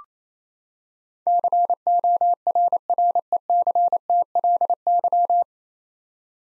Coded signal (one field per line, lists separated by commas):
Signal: Morse code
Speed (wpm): 28 wpm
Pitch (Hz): 700 Hz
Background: none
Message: CORRECTLY